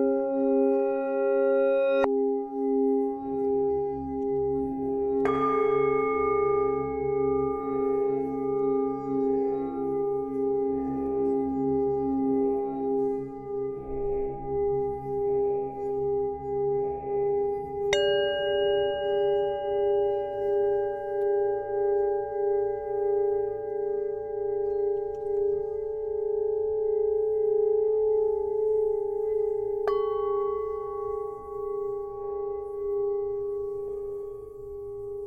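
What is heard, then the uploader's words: A singing bowl rings with a steady, pure hum that holds for the whole stretch, its tone wavering in slow, regular pulses. New strikes land around 2, 5, 18 and 30 seconds, each adding a brighter ring that fades back into the sustained drone. Singing Bowl by Przemysław Laszczyk.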